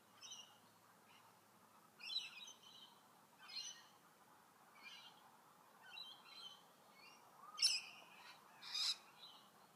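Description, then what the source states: Bird calls repeated in short high chirps roughly every one to two seconds over a steady background hiss. Tweeting.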